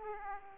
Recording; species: mosquito wingbeat signal from an infrared sensor; Aedes aegypti